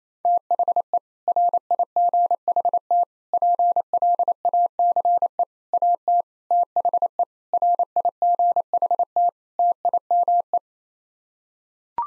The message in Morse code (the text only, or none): THE RIGHT PLACE AT THE RIGHT TIME